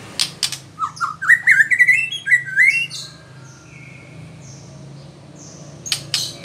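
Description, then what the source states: White-rumped shama song: a short burst of clicks, then a climbing series of bright whistled notes, followed by faint thin whistles. Female.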